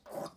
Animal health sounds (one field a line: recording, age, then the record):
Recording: pig call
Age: piglet (1 to 25 days)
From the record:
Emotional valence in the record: negative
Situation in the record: restrain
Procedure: back test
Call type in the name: low-frequency call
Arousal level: medium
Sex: female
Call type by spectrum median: low-frequency call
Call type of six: low-frequency stable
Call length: 0.37 s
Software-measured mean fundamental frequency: 48 Hz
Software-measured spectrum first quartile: 519 Hz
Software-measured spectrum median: 767 Hz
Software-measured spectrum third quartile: 2120 Hz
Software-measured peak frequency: 571 Hz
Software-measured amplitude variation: 191 dB a second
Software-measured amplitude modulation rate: 17.6 a second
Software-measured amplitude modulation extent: 10.8 dB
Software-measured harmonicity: 4.1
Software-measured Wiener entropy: -1.51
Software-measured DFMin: 1248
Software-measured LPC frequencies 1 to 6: 611, 1079, 3687, 4867, 6487, 7687 Hz